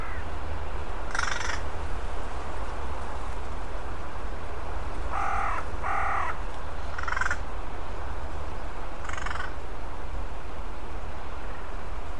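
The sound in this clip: Bird calls: scattered harsh caws, two stronger ones close together midway and fainter single calls before and after, against steady low-frequency noise.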